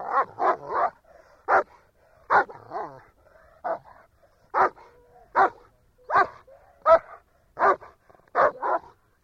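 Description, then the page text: German Shepherd dog barks repeatedly, a quick triple burst at the start, then single barks spaced through the rest. Shepherd dog barking quietly. "Звук овчарка гавкает. Звук Немецкая овчарка"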